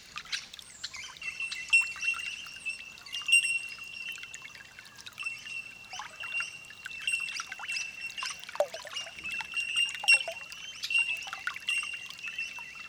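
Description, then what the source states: Bellbird calls: a chorus of clear, ringing, bell-like pings held at one steady high pitch, overlapping almost without pause, with scattered sharp chips and higher notes. Holophonic (olofonia) recording.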